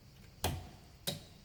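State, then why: Seated. The plastic adapter of a flat Bosch Aerofit windscreen wiper blade is pushed onto the hook of the metal wiper arm on a Seat Ibiza ST 6J. Two sharp clicks are heard at 0.4 s and 1.1 s, each a brief broadband snap. The adapter snaps in and is seated on the arm.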